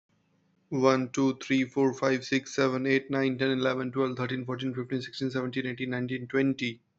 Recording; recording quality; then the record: counting at a fast pace; excellent, no background noise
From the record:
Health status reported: exposed to COVID-19, no respiratory illness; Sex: male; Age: 36 years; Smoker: yes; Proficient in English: yes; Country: India